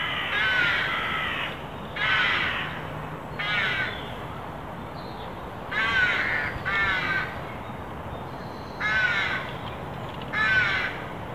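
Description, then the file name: Carrion crow calling in a long series of harsh caws, some paired, over a steady background hiss. "Corvus corone"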